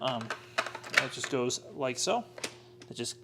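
The solids tray of a Hizero F500 Bionic hard-floor cleaner is handled and pushed toward its place in the cleaner's body while someone talks, with light tapping handling sounds between the words. The tray is not yet home, and nothing has seated or clicked yet.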